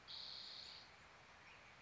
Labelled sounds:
Spotted Towhee (Pipilo maculatus)
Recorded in Sonoma County, California

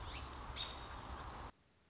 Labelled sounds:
American Robin (Turdus migratorius)
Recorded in Sonoma County, California

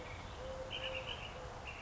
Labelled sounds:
Eurasian Collared Dove (Streptopelia decaocto)
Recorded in Sonoma County, California

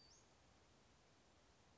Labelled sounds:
Western Flycatcher (Empidonax difficilis)
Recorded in Sonoma County, California

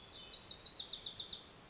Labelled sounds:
Wilson's Warbler (Cardellina pusilla)
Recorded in Sonoma County, California

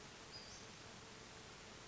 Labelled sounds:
Western Flycatcher (Empidonax difficilis)
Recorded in Sonoma County, California

